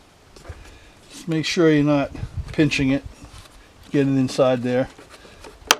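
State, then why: Seated. Someone talks while pushing the plastic air filter cover back onto a lawnmower engine after oiling and refitting its foam air filter, taking care not to pinch the filter. The cover snaps into place with a sharp, loud click at 5.7 s.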